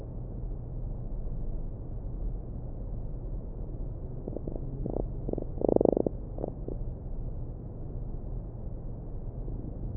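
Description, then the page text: Fruit fly courtship song: a short series of faint clicking pulses midway, with one brighter buzzy burst, over a steady low humming background. Male courtship song used to attract females during the mating ritual; recorded for neurobiology research at Vienna's Research Institute of Molecular Pathology, Austria, published February 2011. "The love song of a fly. Research Institute of Molecular Pathology (IMP)"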